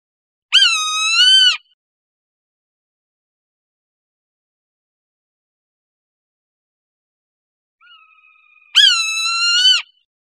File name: CR SWHA